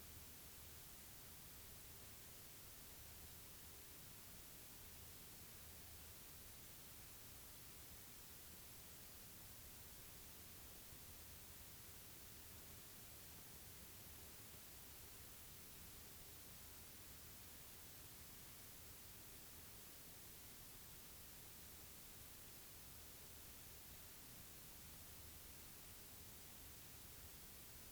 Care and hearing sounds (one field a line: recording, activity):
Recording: daily activity, guitar pickup as the sensor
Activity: stand